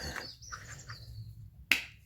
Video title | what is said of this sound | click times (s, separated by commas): EBOX 2.0 Watch Step By Step Unbox to Full Build! | That clips in, keep the water out of the way. | 1.7 s